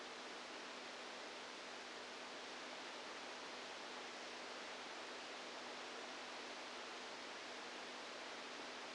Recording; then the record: brain microelectrode recording played as sound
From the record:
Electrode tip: outside the subthalamic nucleus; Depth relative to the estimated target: -8 mm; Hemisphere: right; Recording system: NeuroSet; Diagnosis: Parkinson's disease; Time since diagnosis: 7 years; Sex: female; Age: 68 years